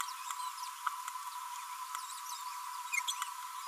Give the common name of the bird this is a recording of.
Green-rumped Parrotlet